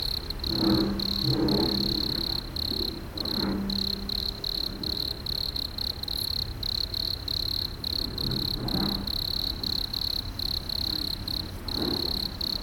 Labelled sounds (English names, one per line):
Wood Cricket stridulation